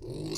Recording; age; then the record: pig call; weaner (32 to 43 days)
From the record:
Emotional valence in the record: negative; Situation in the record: novel object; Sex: female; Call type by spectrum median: low-frequency call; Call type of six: mixed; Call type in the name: high-frequency modulated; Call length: 0.38 s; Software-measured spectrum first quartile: 275 Hz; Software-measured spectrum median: 946 Hz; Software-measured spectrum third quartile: 5269 Hz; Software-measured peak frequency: 340 Hz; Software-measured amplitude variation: 112 dB a second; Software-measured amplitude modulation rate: 29.2 a second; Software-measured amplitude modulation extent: 3.8 dB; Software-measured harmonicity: 5.2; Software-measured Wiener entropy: -4.59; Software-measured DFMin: 1400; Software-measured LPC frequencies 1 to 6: 355, 2260, 2750, 3994, 4347, 4855 Hz